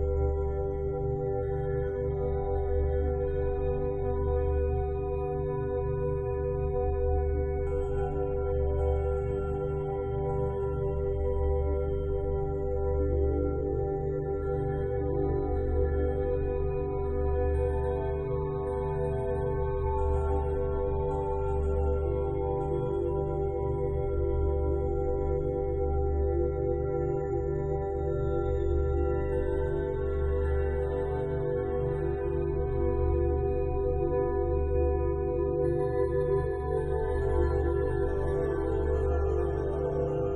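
A 9 Hz meditation frequency drone, a steady low hum with a slow, regular pulsing throb in the bass. Sustained ringing tones sit above it, like a singing bowl, shifting pitch around 13 and 22 seconds, with faint bright shimmer near the end.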